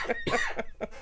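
A quick run of about four short, throaty coughs from an adult man at the tail end of a cold.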